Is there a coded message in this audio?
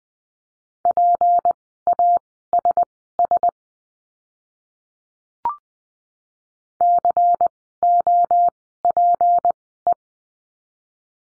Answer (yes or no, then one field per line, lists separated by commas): yes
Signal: Morse code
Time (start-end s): 0.9-9.9 s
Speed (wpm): 20 wpm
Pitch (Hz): 700 Hz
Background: none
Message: PASS COPE